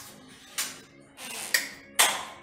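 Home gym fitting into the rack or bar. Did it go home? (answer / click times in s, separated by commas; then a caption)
yes / 2.0 s. A metal home gym part is pushed into place on the barbell or rack, with a bright hit near 0.6 s, a scraping stretch, and another tap at 1.6 s. A sharp metallic click at 2.0 s marks the part locking in, and it is seated.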